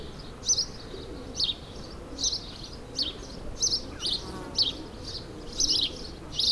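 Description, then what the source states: Sparrow chirps, sharp high notes repeated about once a second. Several sparrows, suburban ambient, May 2022.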